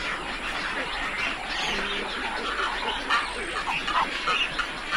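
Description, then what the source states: Herons and storks giving a dense, steady clamour of overlapping croaks and squawks from a large flock. Large mixed flock of herons and storks, vocalising together.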